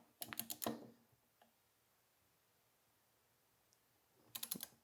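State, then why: Not seated. A click-type torque wrench set to 170 in-lb tightens a connecting rod cap bolt on a billet rod to set the rod bearings in a 212cc engine. Short bursts of rapid, sharp ratcheting ticks come around 0.2–0.7 s and again around 4.4–4.6 s, with near silence between them. The wrench has not clicked at its setting yet, and the work moves on to the other bolt.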